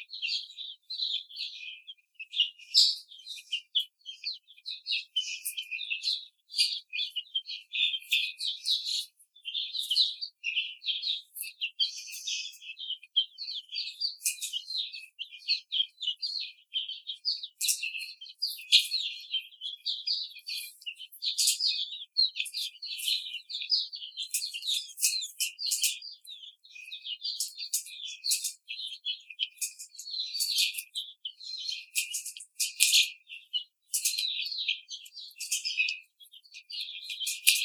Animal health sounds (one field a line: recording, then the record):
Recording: young laying hens in a cage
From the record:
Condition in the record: treatment cage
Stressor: simulated dog barking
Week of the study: 5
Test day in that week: 1